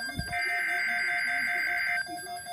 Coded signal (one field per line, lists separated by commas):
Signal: Emergency Alert System (SAME) tones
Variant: header bursts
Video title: Tornado Watch (EAS 326)